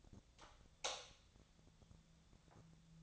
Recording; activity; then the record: daily activity, microphone in the room; light off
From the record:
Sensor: 3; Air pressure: 1000.0 hPa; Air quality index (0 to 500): 124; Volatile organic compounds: 2 ppm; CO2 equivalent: 1107 ppm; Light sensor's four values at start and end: 41/107/45/49 and 39/99/42/46